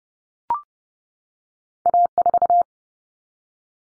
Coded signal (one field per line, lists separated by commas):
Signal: Morse code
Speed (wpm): 30 wpm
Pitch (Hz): 700 Hz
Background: none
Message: A4